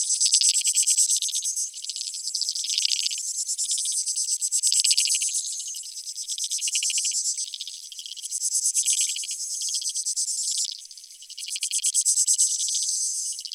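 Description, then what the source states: Insects in a dense, high-pitched chorus of rapid pulsed trills that overlap and swell, dipping briefly around eight and eleven seconds, with no other sounds. Creek insects; field recordings made in 2011 in Australia or Portugal for a collaborative soundwork, some recordings left unaltered and others processed.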